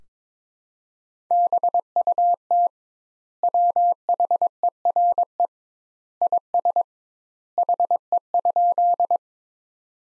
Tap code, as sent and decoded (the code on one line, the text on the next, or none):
none